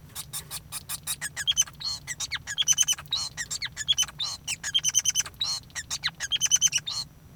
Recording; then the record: song of a male Bengalese finch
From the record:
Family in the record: son of father 5